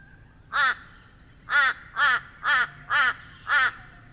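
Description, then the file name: Crow cawing: six harsh, hoarse caws, one alone then five in a quick even series. "crow corbeau"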